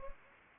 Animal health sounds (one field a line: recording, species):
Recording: mosquito wingbeat signal from an infrared sensor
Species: Anopheles arabiensis